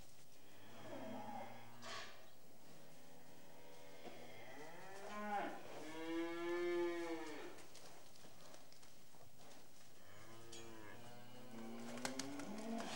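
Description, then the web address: Cattle mooing: several drawn-out harmonic lows, one long call rising then falling in an arch. "The BBC Sound Effects Library. Cattle"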